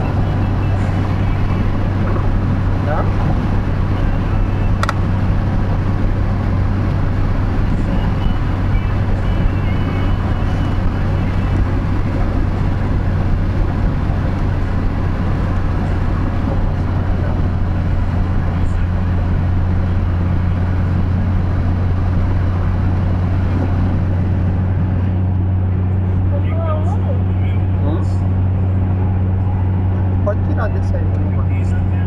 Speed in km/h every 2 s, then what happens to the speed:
111, 110, 110, 110, 108, 107, 105, 102, 101, 101, 103, 104, 106, 107, 107, 106.
0-16 slows to 101. 16-32 steady at about 104.